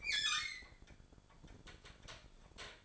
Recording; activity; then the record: daily activity, microphone in the room; open fridge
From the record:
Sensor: 5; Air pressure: 1007.9 hPa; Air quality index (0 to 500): 97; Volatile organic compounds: 1 ppm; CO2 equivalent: 762 ppm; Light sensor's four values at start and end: 42/96/40/42 and 43/98/42/44